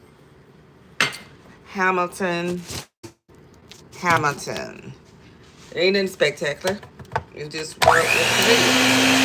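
A Hamilton blender jar is set down onto its motor base to lock in place, giving a single sharp click at 1.0 s as it seats. Someone then talks, and at about 7.9 s the blender motor starts and runs with a loud, steady whir to the end.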